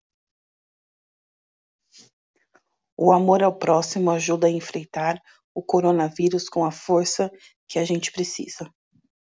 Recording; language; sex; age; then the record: spoken sentence; Brazilian Portuguese; female; 30 to 39 years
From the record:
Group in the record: control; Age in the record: 36 years